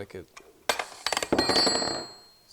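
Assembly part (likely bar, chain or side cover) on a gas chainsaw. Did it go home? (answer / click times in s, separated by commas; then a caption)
yes / 0.7 s. Someone talks while fitting an assembly part onto a Neotec NH-895 gas chainsaw, a Husqvarna 395XP clone, during unboxing and assembly. A sharp snap at 0.7 s marks the part seating into place. A quick series of lighter clicks and clinks follows through about 1.4 s, with a ringing tail fading by 2.5 s.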